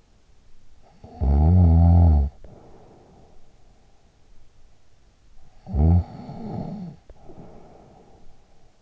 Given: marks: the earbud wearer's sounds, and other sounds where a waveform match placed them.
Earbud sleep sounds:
sounds in sleep by an in-ear microphone; snoring breath
0.80-3.88 s: snoring breath
5.31-8.82 s: snoring breath

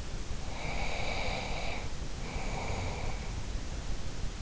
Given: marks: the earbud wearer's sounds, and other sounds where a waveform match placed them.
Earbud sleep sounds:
sounds in sleep by an in-ear microphone; breath
0.39-3.43 s: breath

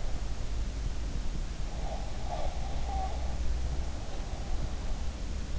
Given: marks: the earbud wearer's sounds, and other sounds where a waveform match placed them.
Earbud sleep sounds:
sounds in sleep by an in-ear microphone; breath
1.79-3.66 s: breath

